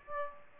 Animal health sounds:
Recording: mosquito wingbeat signal from an infrared sensor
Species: Aedes aegypti

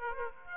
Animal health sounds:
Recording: mosquito wingbeat signal from an infrared sensor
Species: Aedes aegypti

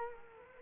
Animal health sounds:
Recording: mosquito wingbeat signal from an infrared sensor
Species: Culex quinquefasciatus

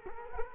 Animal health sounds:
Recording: mosquito wingbeat signal from an infrared sensor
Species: Culex quinquefasciatus

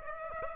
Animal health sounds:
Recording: mosquito wingbeat signal from an infrared sensor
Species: Aedes aegypti

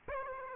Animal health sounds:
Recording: mosquito wingbeat signal from an infrared sensor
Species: Aedes aegypti

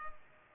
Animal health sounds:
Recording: mosquito wingbeat signal from an infrared sensor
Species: Culex pipiens

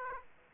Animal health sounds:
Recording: mosquito wingbeat signal from an infrared sensor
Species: Aedes aegypti

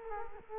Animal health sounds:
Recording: mosquito wingbeat signal from an infrared sensor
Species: Culex quinquefasciatus

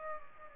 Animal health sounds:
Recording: mosquito wingbeat signal from an infrared sensor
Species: Aedes aegypti

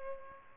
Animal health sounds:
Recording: mosquito wingbeat signal from an infrared sensor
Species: Culex pipiens

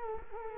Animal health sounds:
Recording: mosquito wingbeat signal from an infrared sensor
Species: Culex quinquefasciatus

